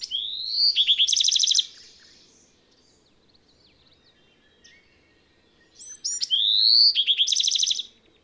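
Bewick's wren song, two phrases, each a rising whistled note followed by a fast buzzy trill, with a quiet pause of several seconds between them.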